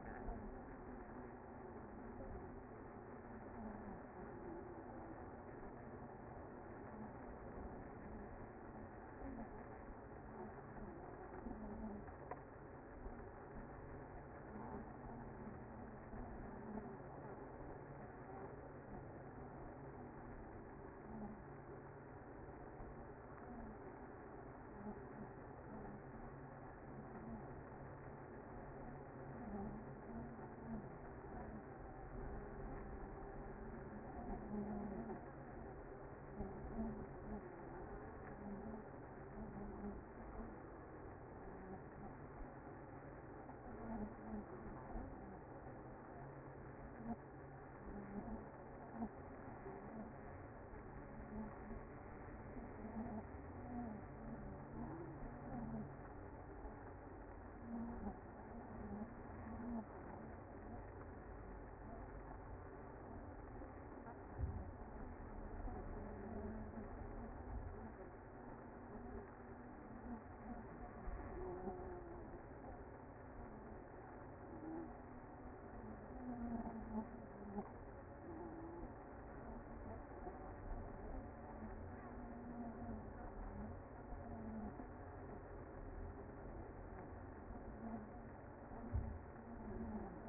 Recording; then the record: honeybee colony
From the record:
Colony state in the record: active